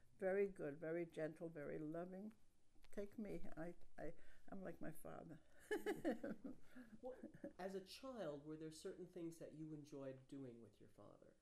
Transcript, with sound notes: Very good, very gentle, very loving. Take me. I — I — I'm like my father. [laughs]
Wh — as a child, were there certain things that you enjoyed doing with your father